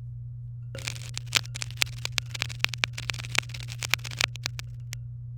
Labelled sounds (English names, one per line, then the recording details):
Domestic Canary song
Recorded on 23 April 2018 at 17:53
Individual llb3